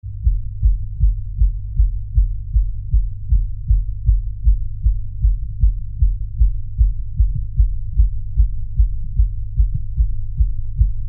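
Fast, regular low heart thumps at about 150 beats a minute, heard over the mitral valve area with a steady background hum. The rate is a rapid heartbeat, faster than a normal adult resting rate.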